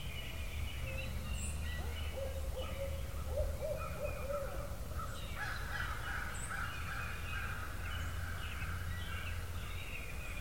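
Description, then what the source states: Barred Owl hoots, a series of low rolling notes early on, then harsher cawing calls that sound like crows over a steady low background hum. Recorded outdoors, with crows calling.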